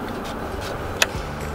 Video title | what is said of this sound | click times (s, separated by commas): Trimming Browntail Moth Nests | and you'll hear a click and it's locked together. | 1.0 s